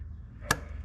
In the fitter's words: listen for the click